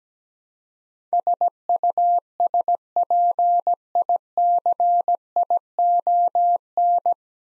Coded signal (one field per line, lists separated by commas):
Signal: Morse code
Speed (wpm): 17 wpm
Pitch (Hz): 700 Hz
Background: none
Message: SUSPICION